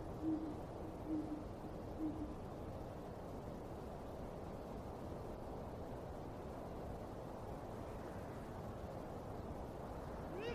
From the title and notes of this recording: Haunted Cemetery Late at Night.